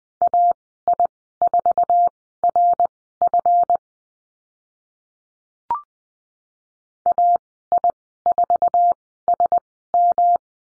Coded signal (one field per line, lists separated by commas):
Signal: Morse code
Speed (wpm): 20 wpm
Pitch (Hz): 700 Hz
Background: none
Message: AI4RF AI4SM